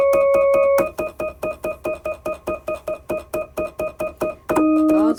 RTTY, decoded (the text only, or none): none